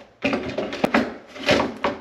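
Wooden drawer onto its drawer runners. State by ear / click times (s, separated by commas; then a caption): not seated / none. A wooden drawer is handled and pushed back in toward its drawer runners, producing a series of knocks, short scrapes and sharp taps. The drawer has not yet clipped onto its runners; nothing has seated or clicked yet.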